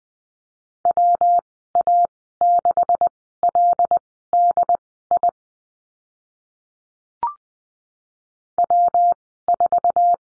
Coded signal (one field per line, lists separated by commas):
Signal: Morse code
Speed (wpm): 20 wpm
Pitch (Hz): 700 Hz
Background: none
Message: WA6LDI W4